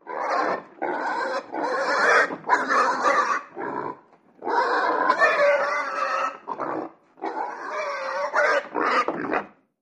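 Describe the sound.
Pig grunting and squealing: long, rough, noisy bouts of harsh snorts and squeals in three main bursts, separated by short pauses.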